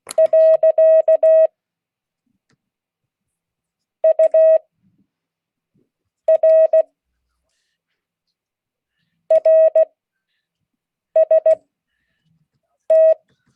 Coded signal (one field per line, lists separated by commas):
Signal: Morse code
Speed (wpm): 16 wpm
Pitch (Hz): 640 Hz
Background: none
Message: . UR RST